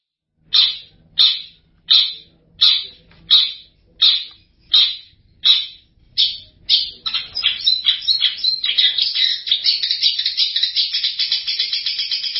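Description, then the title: Long-tailed shrike song, harsh scratchy notes repeated about once every two-thirds of a second, speeding into a continuous rapid chatter. Champion competition songbird. "Kicau Burung Cendet Juara"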